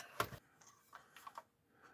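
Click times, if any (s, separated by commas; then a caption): 0.2 s. The plastic body shell of a model train locomotive is pressed down onto its frame after the wires are tucked inside, giving a sharp, loud snap at 0.2 s as everything snaps back into place. A few fainter ticks and clicks follow over the next second.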